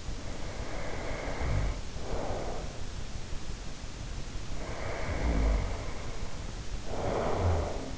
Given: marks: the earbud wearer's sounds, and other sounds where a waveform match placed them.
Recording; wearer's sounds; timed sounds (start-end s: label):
sounds in sleep by an in-ear microphone; snoring breath
0.02-2.88 s: snoring breath
4.37-7.98 s: snoring breath